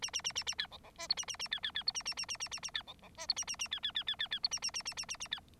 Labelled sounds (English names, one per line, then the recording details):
Bengalese Finch song
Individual Bird9